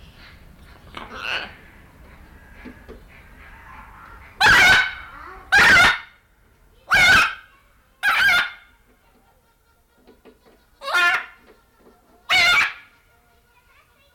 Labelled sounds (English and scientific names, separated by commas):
Red-fronted Macaw (Ara rubrogenys) call